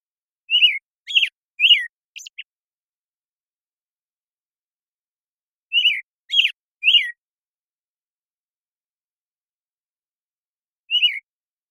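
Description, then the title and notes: American Robin song: short groups of three or four clear, whistled caroling phrases rising and falling, then a long pause before a single phrase; no other sounds. Morning song in the Pacific Northwest, Washington, United States; very long sequence, parabolic recording, processed clean for clarity with natural pacing and rhythm kept. "American Robin Morning Song. Recorded in the beautiful Pacific Northwest, Washington, United States"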